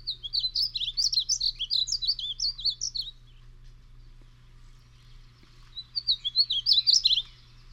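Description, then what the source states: Painted bunting song: two bursts of rapid, sweet, warbling notes high in pitch, the first about three seconds long, the second after a pause, over a faint low hum. Song, played on air as an example.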